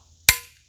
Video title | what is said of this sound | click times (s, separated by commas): Tree Trimming And Shed Demolition #25 | and locks into place here | 0.3 s